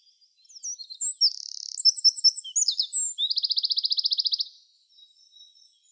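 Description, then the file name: Eurasian wren song: a piercingly high jumble of quick warbles and a buzzing trill, then a long run of rapid, even pulses, followed by faint soft notes. "Troglodytes troglodytes"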